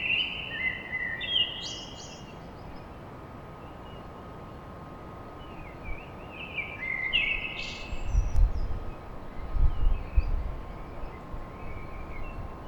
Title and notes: Blackbird Poetry At Paris On. Enregistrement d'un chant de merle à l'aube dans Paris